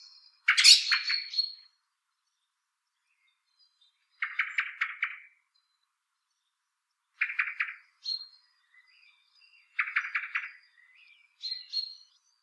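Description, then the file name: Common blackbird calling in short, harsh bursts of quick clucking notes with gaps of a few seconds, and a few thin high squeaky notes in between. "Turdus merula"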